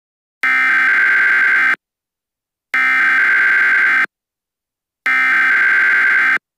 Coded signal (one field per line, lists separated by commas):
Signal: Emergency Alert System (SAME) tones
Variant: header bursts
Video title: EAS Scenario #7:Strange Signal